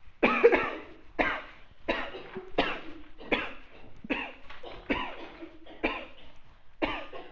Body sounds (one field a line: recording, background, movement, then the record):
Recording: voluntary coughing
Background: a bystander coughing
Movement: walking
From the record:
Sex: female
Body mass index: 36.4 kg/m2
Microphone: on the chest, facing outward